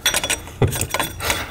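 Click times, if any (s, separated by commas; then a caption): none. A metal oil filter cap wrench from a Hyundai Avante is tried on the oil filter housing of a SsangYong Rexton Sports truck, clinking against the filter in sharp metallic taps at about 0.1, 0.2, 0.6, 0.8 and 0.9 seconds. The cap is too big, so it spins freely and slips around instead of biting; nothing has seated or engaged.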